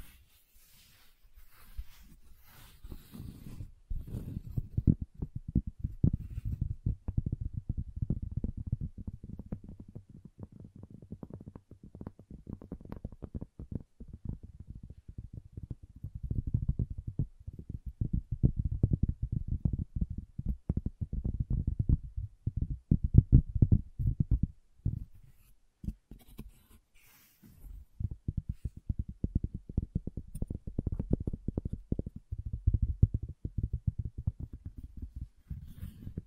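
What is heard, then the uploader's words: Wood triggers: dense, low, muffled tapping and thumping in rapid clusters, pausing briefly near 3, 15 and 26 seconds before resuming. ASMR Calming Wood Triggers for Sleep (No Talking).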